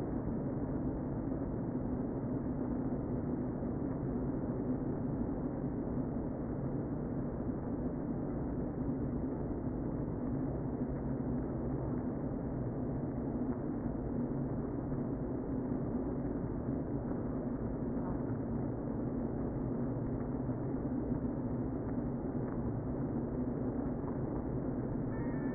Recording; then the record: honeybee colony, microphone inside the hive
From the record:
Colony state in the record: queen present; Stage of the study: before two queens were removed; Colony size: about 60,000 bees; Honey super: yes